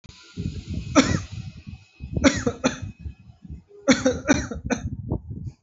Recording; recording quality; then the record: heavy voluntary cough; moderate, slight background noise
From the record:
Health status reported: healthy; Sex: male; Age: 27 years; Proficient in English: yes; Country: India